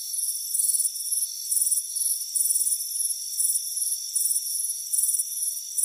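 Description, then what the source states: Crickets chirping in high, buzzy pulses that come in quick bursts over a steady, thin insect hum, with no low sounds at all. Crickets chirping on a warm afternoon by a front porch.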